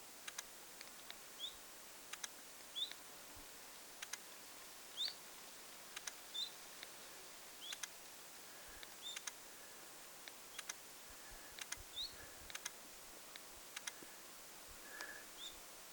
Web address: paivat 27 8 2026 zuit vaiko hyit-tiltaltti